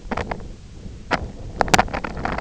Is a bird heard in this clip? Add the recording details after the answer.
no. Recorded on Arctic tundra, site IGLO-F, on 24 June 2018. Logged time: 20:00